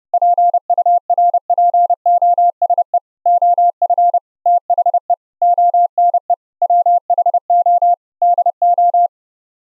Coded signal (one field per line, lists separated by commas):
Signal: Morse code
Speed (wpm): 30 wpm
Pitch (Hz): 700 Hz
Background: none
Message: PURPOSE OF THE ONE WHO DO